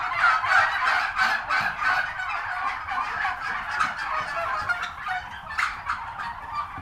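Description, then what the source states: Flock of turkeys gobbling nonstop, a thick wash of rapid, wavering calls overlapping throughout. Recorded at a turkey farm.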